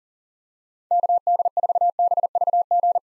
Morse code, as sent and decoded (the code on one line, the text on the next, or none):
-.- -.. ....- -... ...- --.
KD4BVG